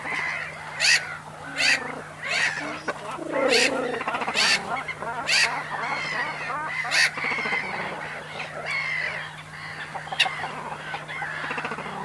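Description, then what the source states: Seagulls calling in loud, harsh bursts over an overlapping crowd of squawking birds, with a constant low hum. Loud seagulls at a cormorant nesting site, recorded in mono with a DPA microphone.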